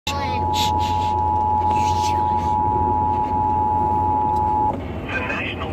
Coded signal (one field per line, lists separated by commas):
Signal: Emergency Alert System (SAME) tones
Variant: 853 and 960 Hz attention tone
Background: speech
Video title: EAS Alert: Severe Thunderstorm Warning 6/21/2018 6:29 PM